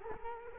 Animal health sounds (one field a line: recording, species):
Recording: mosquito wingbeat signal from an infrared sensor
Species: Culex quinquefasciatus